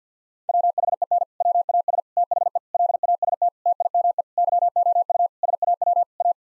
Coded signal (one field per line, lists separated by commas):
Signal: Morse code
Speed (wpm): 50 wpm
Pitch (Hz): 700 Hz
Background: none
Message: WHEN WAS THE LAST TIME YOU SAW A